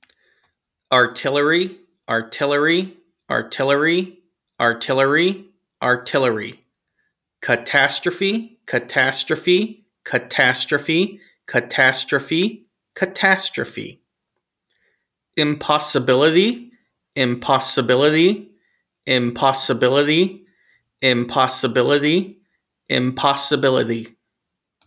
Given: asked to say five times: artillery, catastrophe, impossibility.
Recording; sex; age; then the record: three words, each repeated; male; 40 to 49 years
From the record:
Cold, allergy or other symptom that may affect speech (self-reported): no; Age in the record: 42 years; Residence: Ohio, United States